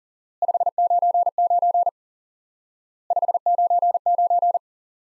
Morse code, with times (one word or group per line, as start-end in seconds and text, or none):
0.4-1.9 599
3.1-4.6 599